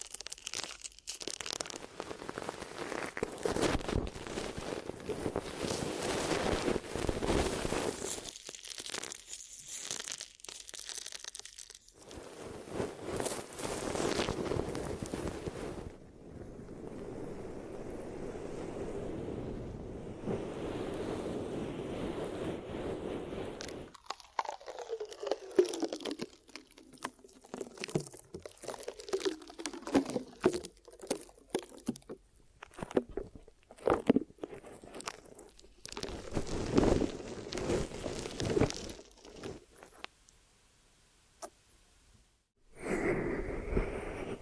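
Ear massage and cleaning sounds: dense, rubbing crackle with soft crinkling and crunching textures. Steady stretches of muffled rubbing alternate with quiet gaps, then after about 25 seconds sharper, irregular taps and squelchy strokes come, with near-silence around 41 seconds before rubbing resumes.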